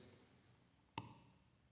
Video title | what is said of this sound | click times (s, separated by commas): DNA: Unboxing & Assembly | and then you just push it down until it clicks | 1.0 s